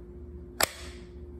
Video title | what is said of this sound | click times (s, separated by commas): 20v Battery Adapter (Dewalt) | You know, that nice click sound, it's locked in. | 0.6 s